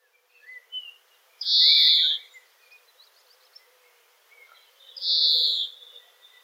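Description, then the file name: European greenfinch calling two rasping, buzzy wheezes roughly three and a half seconds apart, quiet twittering notes scattered around them. "Chloris chloris"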